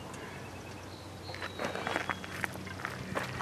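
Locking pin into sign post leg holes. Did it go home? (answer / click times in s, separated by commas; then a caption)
yes / 2.4 s. A pin is pushed through two lined-up holes in a real estate sign frame leg and squeezed home with pliers. Against a low steady hum, a series of short metallic clicks and ticks sounds from about 1.9 s to 2.9 s. The pin pops fully into the leg holes and seats at 2.4 s.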